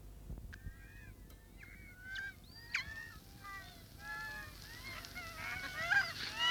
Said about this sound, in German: Ich hasse die Möwen, Giovanni.